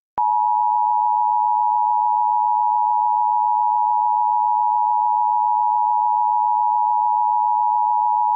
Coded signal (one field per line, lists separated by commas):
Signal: Emergency Alert System (SAME) tones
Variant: 853 and 960 Hz attention tone